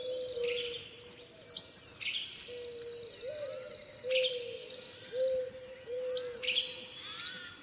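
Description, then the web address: Bird calls: sharp high chirps and brief whistled slides in repeated bursts, over a low tone that occasionally bends upward. "funny birds"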